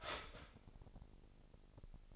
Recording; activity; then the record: daily activity, microphone in the room; start toaster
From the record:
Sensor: 5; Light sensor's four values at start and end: 27/63/26/27 and 27/63/26/27